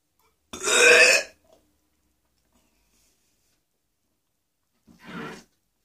The sound of vomiting with coughing in a man the urge to vomit coughing and regurgitation.